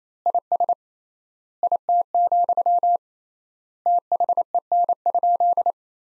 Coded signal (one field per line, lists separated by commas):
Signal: Morse code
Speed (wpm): 28 wpm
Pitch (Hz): 700 Hz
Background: none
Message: IS IT, THEN?